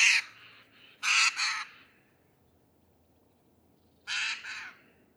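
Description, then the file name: Eurasian jay calling with rough, scratchy screeches: a call at the start, a loud pair soon after, then another pair after a quiet gap of about two and a half seconds. "Garrulus glandarius"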